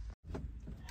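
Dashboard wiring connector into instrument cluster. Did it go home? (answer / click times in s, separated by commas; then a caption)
no / none. A wiring harness connector is plugged into the back of a replacement instrument cluster with tachometer in the dashboard of a 1999 Corolla. Brief soft knocks and shuffling sounds are heard after a short silence, with no distinct click. The connector goes in, but it has not clicked or seated.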